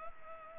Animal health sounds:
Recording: mosquito wingbeat signal from an infrared sensor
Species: Culex pipiens

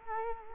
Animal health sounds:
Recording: mosquito wingbeat signal from an infrared sensor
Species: Culex quinquefasciatus

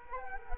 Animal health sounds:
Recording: mosquito wingbeat signal from an infrared sensor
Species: Culex quinquefasciatus

